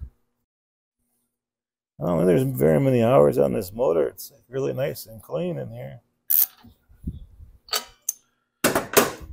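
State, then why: Seated. Someone talks while a spark plug wire boot is pushed back onto a newly installed Briggs spark plug on the small engine of a Troy-Bilt push mower. A few short handling clicks follow, then a sharp click at 8.7 s as the boot seats onto the plug.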